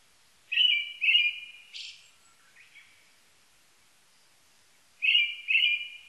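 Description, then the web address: Brown-headed thrush singing two whistled notes, then a high hissing tail and a few soft twittering notes. After a pause, another pair of whistles follows. Recorded 1 May 1998. "1998 980501 akahara"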